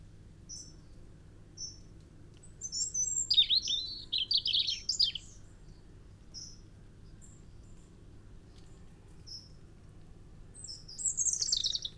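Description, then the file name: European robin song: scattered thin high notes, then a rich warbling phrase of wavering trills, a pause, and another bright high phrase near the end. "Erithacus rubecula"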